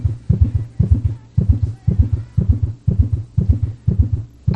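Fast, regular lub-dub heartbeats at about 120 per minute, the sound of a heart in tachycardia, a sign that something is starting to go wrong, linked to smoking, diabetes and a sedentary lifestyle.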